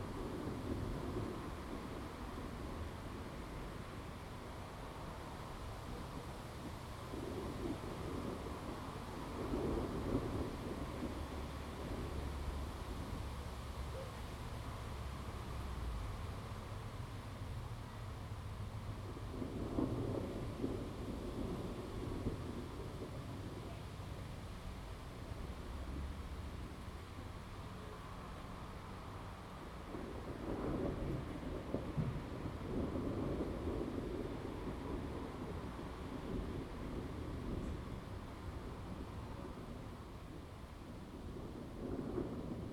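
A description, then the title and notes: A thunderstorm rumbles in low, rolling waves over steady rain, with deeper swells near ten, twenty, thirty and forty-two seconds. Salem Oregon thunderstorm, recorded live from the Lava Lamp Lounge patio. The storm began at roughly 4:30 PM. This is a raw audio recording, made with a ZOOM H2n Recorder. Thunder Storm.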